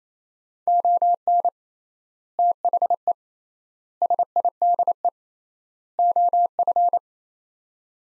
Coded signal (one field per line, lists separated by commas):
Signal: Morse code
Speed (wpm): 28 wpm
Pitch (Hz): 700 Hz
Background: none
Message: ON THE SIDE OF